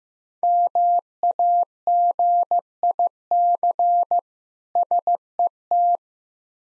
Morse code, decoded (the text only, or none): MAGIC SET